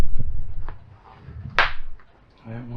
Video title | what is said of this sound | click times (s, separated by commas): CARDO PACKTALK BOLD HJC i90 Helmets Installation Full-time RVers Motorcycle Can-Am Spyder | the back side there is some there's two locks to lock this in | 1.6 s